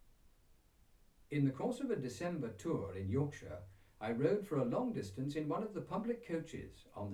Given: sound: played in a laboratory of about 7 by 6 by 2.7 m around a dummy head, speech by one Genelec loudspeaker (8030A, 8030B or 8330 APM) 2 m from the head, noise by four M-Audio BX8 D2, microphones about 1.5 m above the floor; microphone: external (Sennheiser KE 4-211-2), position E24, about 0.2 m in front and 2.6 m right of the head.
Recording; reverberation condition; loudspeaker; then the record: male speech in English; low; 90 degrees to the left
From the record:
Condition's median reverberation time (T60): about 310 ms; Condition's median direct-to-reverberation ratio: about 3.5 dB